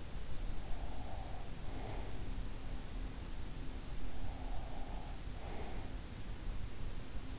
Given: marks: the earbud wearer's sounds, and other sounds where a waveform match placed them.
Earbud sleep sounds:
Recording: sounds in sleep by an in-ear microphone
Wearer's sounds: breath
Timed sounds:
0.00-2.80 s: breath
3.84-6.24 s: breath

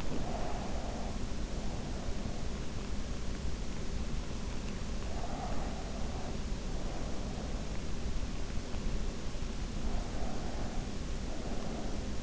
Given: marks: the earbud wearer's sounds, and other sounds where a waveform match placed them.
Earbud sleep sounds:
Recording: sounds in sleep by an in-ear microphone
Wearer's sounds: breath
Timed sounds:
0.00-2.69 s: breath
5.02-7.82 s: breath
9.80-12.23 s: breath

